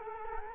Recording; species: mosquito wingbeat signal from an infrared sensor; Culex quinquefasciatus